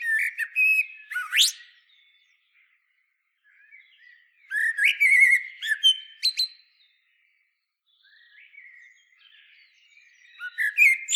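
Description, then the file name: Common blackbird singing repeated mellow whistled phrases with abrupt high squeaky flourishes every few seconds, with faint warbling in the gaps. "Turdus merula"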